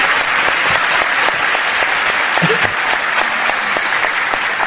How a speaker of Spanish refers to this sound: ¿A qué le dan ustedes ese aplauso? ¿A los 88 años o a mí hoy?